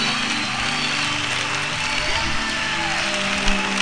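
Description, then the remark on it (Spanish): An audience at a worship service in Spain applauds steadily, a dense and loud wash of many hands clapping that keeps a fairly even level throughout, with no voices standing out above it. “¡Tienen el mayor aplauso de la historia!”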